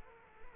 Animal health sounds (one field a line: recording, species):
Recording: mosquito wingbeat signal from an infrared sensor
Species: Culex quinquefasciatus